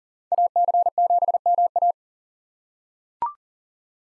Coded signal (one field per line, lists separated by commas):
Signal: Morse code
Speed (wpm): 39 wpm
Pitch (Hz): 700 Hz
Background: none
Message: AC7MA